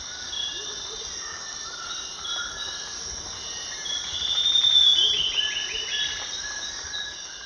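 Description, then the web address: Black-tailed leaftosser song, a quick series of sharp notes that swell and then fall in pitch, over a constant high insect hum. Song, South America eastern lowlands. "Natures Songs S America Eastern Lowlands. Sclerurus caudacutus, song"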